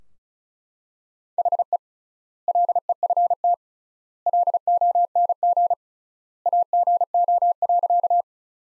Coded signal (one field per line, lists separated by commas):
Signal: Morse code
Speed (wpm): 36 wpm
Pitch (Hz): 700 Hz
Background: none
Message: HE LEFT LONG AGO.